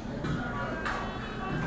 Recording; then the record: background sound without coughing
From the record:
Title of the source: 60 minutes of coffee shop sounds for study and concentration